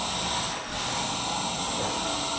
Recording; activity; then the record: daily activity, microphone in the room; vacuum cleaning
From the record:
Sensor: 1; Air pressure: 994.4 hPa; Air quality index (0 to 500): 217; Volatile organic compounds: 1000 ppm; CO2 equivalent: 7749 ppm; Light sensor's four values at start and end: 49/110/49/52 and 49/109/49/52